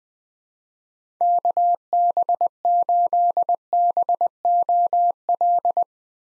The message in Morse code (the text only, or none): KB8BOL